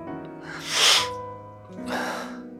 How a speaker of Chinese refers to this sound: 但眼眶不知什么时候已经湿润了，他吸了吸鼻子。